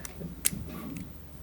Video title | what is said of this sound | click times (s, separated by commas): Atlas 2-Rail O Scale Freight Truck Upgrade / Enhancement Kit | and snap into place. | 0.5 s